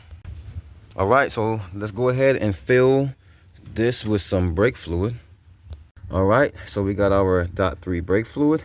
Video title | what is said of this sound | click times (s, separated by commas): How to REPLACE your brake master cylinder. *MOST VEHICLES * | So now it's a good chance to plug this harness back till it clicks on, just like that. | 0.2 s